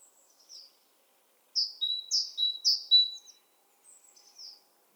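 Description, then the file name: Great tit calling: a few sharp, downslurred high notes with thin lower whistles, in a short burst followed by softer notes. "Parus major"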